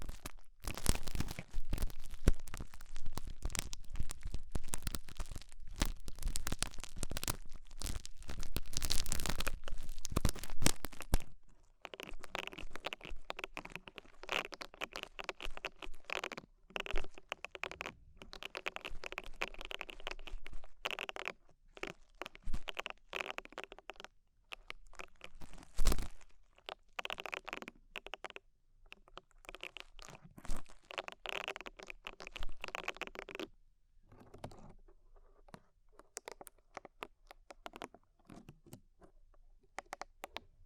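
Ear cleaning sounds with rhinestone and clay removal: dense crinkly crunching and crackling fills the first eleven seconds. After a brief gap come softer, sparser scraping and tapping textures with short pauses, a few sharper cracks near twenty-six and thirty-three seconds.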